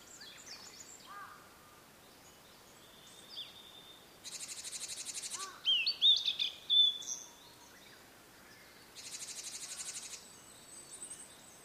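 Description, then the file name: Blue-and-white flycatcher giving a brief whistled, warbling phrase between two long blocks of rhythmic pulsing insect buzz; faint chirps elsewhere. "oruri"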